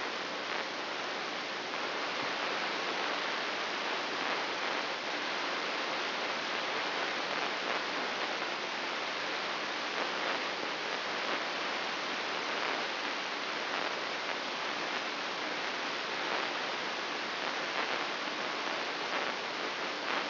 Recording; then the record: brain microelectrode recording played as sound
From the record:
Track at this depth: outside the subthalamic nucleus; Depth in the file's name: 7.66 mm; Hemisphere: left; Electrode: 3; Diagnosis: Parkinson's disease